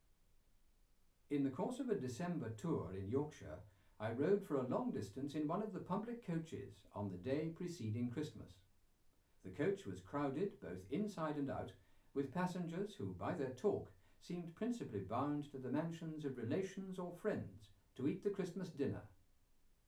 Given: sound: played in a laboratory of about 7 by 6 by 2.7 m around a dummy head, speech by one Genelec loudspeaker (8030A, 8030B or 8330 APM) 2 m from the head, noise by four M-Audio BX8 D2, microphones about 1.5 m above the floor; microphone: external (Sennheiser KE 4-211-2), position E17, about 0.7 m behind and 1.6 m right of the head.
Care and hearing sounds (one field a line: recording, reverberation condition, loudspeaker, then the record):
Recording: male speech in English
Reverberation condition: low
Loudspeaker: behind (180 degrees)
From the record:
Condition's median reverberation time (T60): about 310 ms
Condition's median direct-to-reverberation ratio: about 3.5 dB